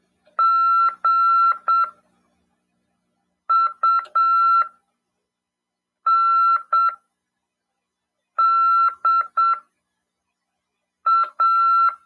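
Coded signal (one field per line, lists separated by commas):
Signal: Morse code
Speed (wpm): 7 wpm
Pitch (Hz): 1350 Hz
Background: none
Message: GUNDA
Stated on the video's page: Morse lesson in a ham radio class on FM 146.410 MHz.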